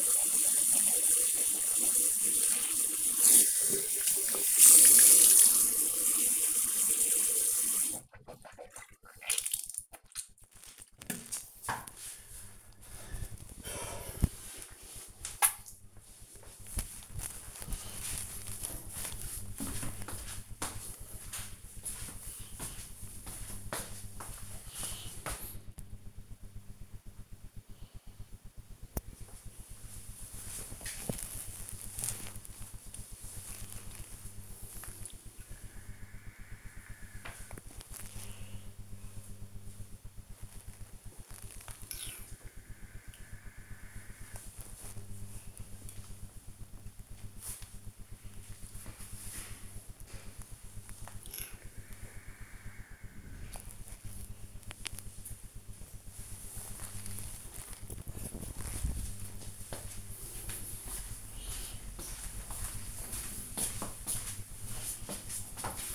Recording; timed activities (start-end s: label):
household activities, microphone on the right wrist
0.00-11.06 s: brushing teeth